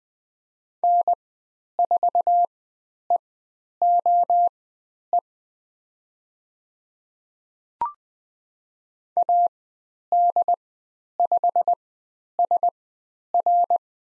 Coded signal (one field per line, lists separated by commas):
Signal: Morse code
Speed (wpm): 20 wpm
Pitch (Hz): 700 Hz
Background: none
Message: N4EOE AD5SR